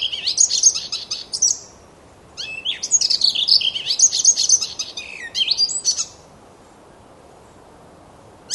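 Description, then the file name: Icterine warbler pouring out bursts of rapid, high, varied twittering with sharp squeaks and nasal notes, separated by silent pauses. "hippolais icterina"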